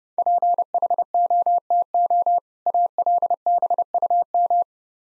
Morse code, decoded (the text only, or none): PHOTO ALBUM